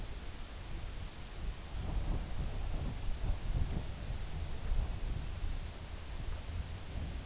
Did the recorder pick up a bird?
no